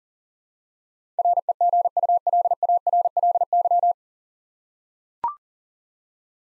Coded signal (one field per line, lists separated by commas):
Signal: Morse code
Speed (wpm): 38 wpm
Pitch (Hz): 700 Hz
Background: none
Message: REGULARLY